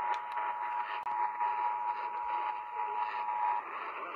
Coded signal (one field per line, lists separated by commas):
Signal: Emergency Alert System (SAME) tones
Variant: 853 and 960 Hz attention tone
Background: speech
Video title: Last KDKA TOR that I have on my storage (EAS #471)